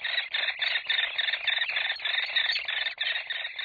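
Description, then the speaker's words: Hairy woodpecker chick begging, a continuous buzzy, rasping chatter pulsing several times a second. Chick begging its parents for food in its nest cavity deep within a dying tree. "That's a hairy woodpecker chick in its nest cavity deep within a dying tree."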